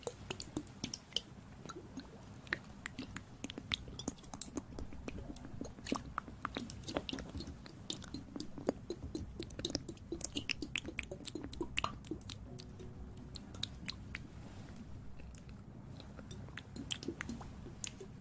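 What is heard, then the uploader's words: Ear cleaning and massage: a steady stream of crisp, crackling clicks and soft scratches, dense and irregular, over a muffled low rubbing rumble. The texture stays much the same for the whole stretch, with no voice or other background sounds. ASMR Ear cleaning & Ear massage.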